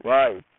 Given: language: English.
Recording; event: throat vibration sensor signal played as sound; speech